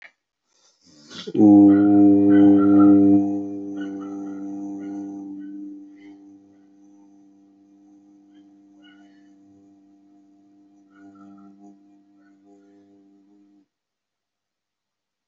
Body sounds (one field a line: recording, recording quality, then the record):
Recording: sustained vowel as in boot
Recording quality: excellent, no background noise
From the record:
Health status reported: healthy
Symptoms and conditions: none ticked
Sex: male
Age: 24 years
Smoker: not ticked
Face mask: not worn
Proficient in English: yes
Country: India